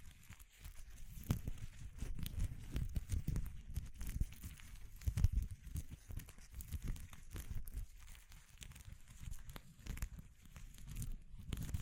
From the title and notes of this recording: ASMR Exploring Textures (No Talking).